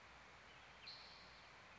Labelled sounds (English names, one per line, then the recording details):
Spotted Towhee
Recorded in Sonoma County, California